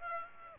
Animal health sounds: mosquito wingbeat signal from an infrared sensor; Aedes aegypti

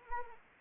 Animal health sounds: mosquito wingbeat signal from an infrared sensor; Anopheles arabiensis

